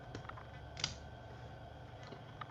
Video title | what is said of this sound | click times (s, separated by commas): Wednesday Night Builds! LEGO Bugatti Part 7 | click what a satisfying click some of this stuff makes | 0.8 s